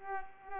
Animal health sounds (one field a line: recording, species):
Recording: mosquito wingbeat signal from an infrared sensor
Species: Culex pipiens